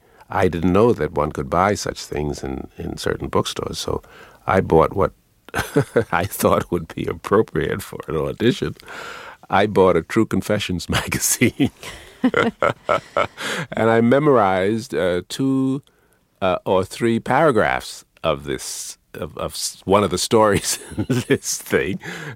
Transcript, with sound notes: I didn't know that one could buy such things in certain bookstores, so I bought what I thought would be appropriate for an audition. I bought a True Confessions magazine.
(LAUGHTER)
And I memorized two or three paragraphs of this - of one of the stories in this thing.